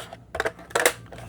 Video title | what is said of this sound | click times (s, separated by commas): Dyson V16 Piston Animal: Buy or Skip?! | they click into place. | 0.3 s